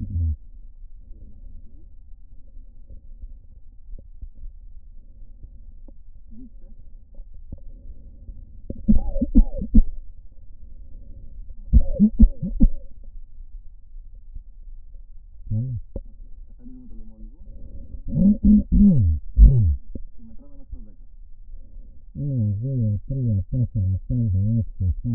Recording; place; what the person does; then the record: lung sounds by stethoscope; right posterior apical chest; quiet breathing, then cough and speech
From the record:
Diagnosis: none (healthy); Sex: male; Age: 60 years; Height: 190 cm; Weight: 150 kg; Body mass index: 41.6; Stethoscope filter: diaphragm mode